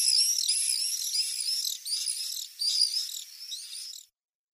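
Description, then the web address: Common Swift giving harsh screaming response calls, rapid overlapping trills for about four seconds before stopping abruptly into silence. Response calls given by birds on the nest. "Schulze Peter Common Swift responsecalls on Nest"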